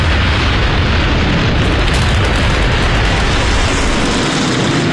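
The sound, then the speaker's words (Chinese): A dense, roaring wall of noise with rumbling low-end booms and crackling bursts, like Japanese aircraft engines overhead amid bombing explosions during the attack on Pearl Harbor, sustained and loud for the whole stretch. “伴随日本飞机的轰炸声，美国宣布加入二战。”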